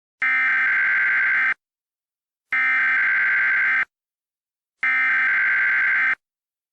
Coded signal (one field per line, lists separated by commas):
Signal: Emergency Alert System (SAME) tones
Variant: header bursts